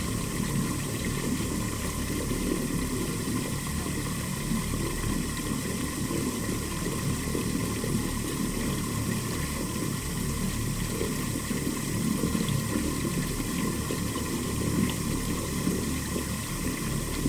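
A field recording from Kyoto, Japan: a steady, dense wash of low rumble, like an idling engine or running water, continues unchanged for the whole stretch. A thin bright hiss sits on top, and no separate events stand out.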